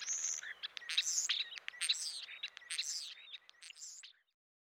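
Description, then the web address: European starling song, a jumble of high whistles, buzzy rattles and sharp clicks in quick, irregular bursts. Eastern North America. "Dan Gibson Wildlife Identification By Sound, Eastern North America Pt 2. European Starling"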